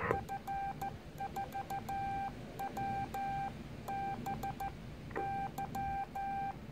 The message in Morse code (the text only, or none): F4WBY